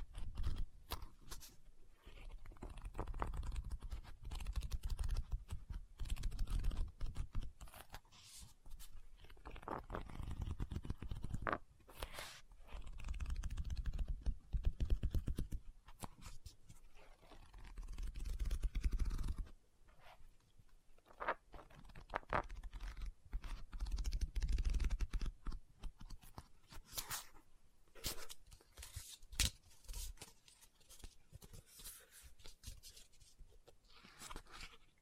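Tapping and scratching on a book, with quick irregular clicks and scrapes running throughout. Heavier low thumps and rustling swells come in clusters during the first twenty seconds and again around the twenty-five second mark, then the sounds thin out toward the end.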